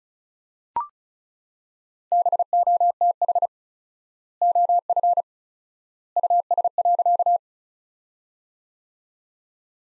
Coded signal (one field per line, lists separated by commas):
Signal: Morse code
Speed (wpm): 36 wpm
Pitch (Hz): 700 Hz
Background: none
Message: BOTH OF US.